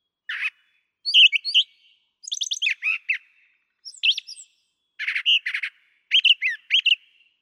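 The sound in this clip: Brown thrasher singing a varied series of chirpy, slurred phrases, many given twice in a row, with short gaps between groups; a quiet, clean background.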